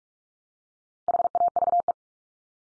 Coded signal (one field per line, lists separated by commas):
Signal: Morse code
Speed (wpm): 44 wpm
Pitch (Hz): 700 Hz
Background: none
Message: HAVE